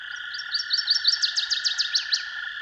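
Northern waterthrush song, a crisp series of repeated notes building in volume and closing with rapid downward slurs, over a persistent drone.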